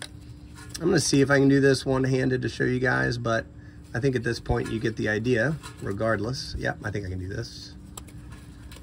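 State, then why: Seated. Someone talks while pushing the upstream O2 sensor's plastic pigtail connector one-handed into the wiring harness connector of a 3rd-generation Toyota 4Runner, with the peg locating in the top. A short, sharp click at 8.0 s marks the connector snapping home and seating.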